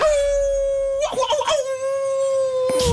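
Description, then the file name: Wolf howl, a long steady tonal note held at one pitch, briefly broken midway by a rougher burst before the even tone resumes. "canto do lobo"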